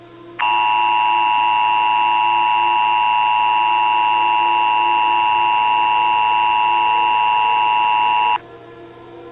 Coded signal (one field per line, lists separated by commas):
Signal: Emergency Alert System (SAME) tones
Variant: 853 and 960 Hz attention tone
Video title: Warden's Wrath (An EAS/Analog Horror Scenario)